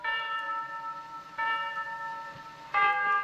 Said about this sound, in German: Die Figuren des Glockenspiels ziehen vorüber. Es ist 8 Uhr.